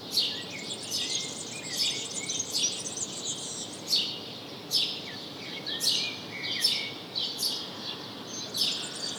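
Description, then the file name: Repeated house sparrow chirps, around a dozen quick downslurred notes at an irregular pace, over a continuous high hiss. "Passer domesticus"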